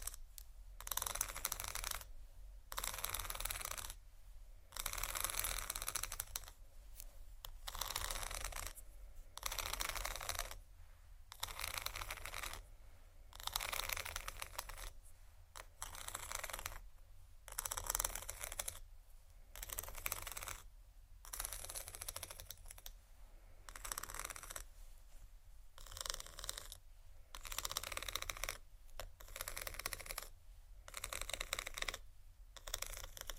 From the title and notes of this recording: Tapping,soft crinkle,scratch,plastic,textures(No Talking).